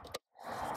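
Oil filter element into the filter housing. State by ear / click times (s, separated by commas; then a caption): seated / 0.1 s. A new engine oil filter element is pushed down into its filter housing cap on a 2010–2013 L320 Range Rover and clicks home at 0.1 s, a sharp broadband snap. A quiet gap follows, then a steady broadband noise rises and continues to the end. The element is seated in the housing.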